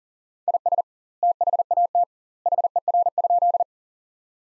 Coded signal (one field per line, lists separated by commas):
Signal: Morse code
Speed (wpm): 37 wpm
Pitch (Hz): 700 Hz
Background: none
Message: IS THAT HER?